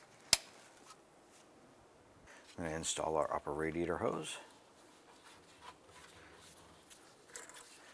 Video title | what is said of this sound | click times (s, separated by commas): How to Replace Radiator Fan Shroud 2001-2005 Honda Civic | here that one click and then connect the one beside it and | 0.3 s